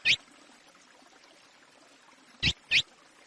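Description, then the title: Chestnut-bellied seed finch song: one sharp high note, a pause of over two seconds, then two more quick bright notes over a faint steady hiss. Praia classic (Praia Clássico) song style, played for training young birds. "CURIÓ CANTO PRAIA CLÁ SSICO PARA TREINAMENTO DE FILHOTES"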